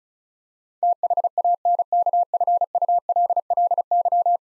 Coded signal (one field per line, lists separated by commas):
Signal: Morse code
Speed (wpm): 36 wpm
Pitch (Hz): 700 Hz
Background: none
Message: THANKFULLY